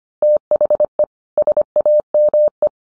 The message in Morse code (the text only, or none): THE SAME